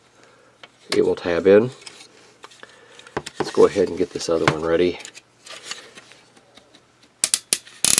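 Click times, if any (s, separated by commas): 7.2 s, 7.5 s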